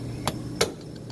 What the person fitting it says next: and boom it's locked in